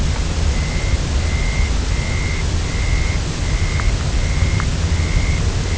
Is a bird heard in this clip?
yes